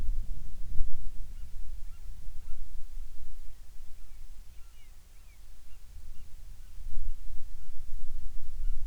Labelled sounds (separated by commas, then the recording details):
bird, wind
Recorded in the Prudhoe Bay oil fields, Alaska, on 10 July 2019 at 14:07
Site 14